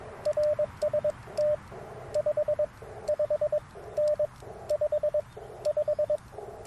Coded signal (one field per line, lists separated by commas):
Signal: Morse code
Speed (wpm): 22 wpm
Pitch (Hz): 590 Hz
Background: radio noise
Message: RST 55N 55